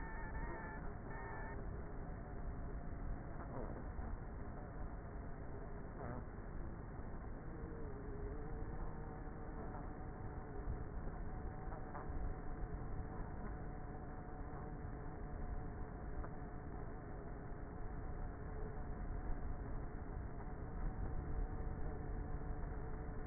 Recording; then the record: honeybee colony, microphone inside the hive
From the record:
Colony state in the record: queenless with a low population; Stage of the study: before two queens were removed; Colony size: about 30,000 bees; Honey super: no